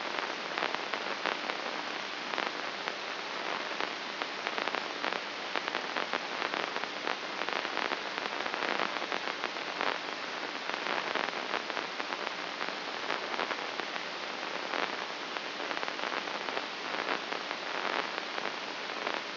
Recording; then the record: brain microelectrode recording played as sound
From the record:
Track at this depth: outside the subthalamic nucleus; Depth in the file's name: 7.029 mm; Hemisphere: left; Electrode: 2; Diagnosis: Parkinson's disease